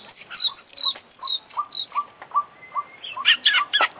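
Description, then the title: Oriental magpie-robin giving a series of short repeated whistled notes several times a second, then breaking into louder, harsher chattering phrases. International champion competition bird; song full of complete fillers (isian). "KICAU KACER FULL ISIAN KOMPLIT"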